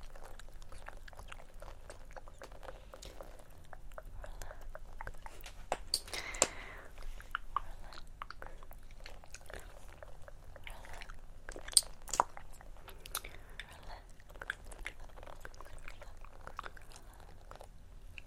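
Layered mouth sounds with wet clicks and tktk pops run throughout, mixed with fine scratching and light tapping. Crisp, irregular snaps come thick and fast over a soft low rumble, with louder bursts near 6, 12 and 13 seconds.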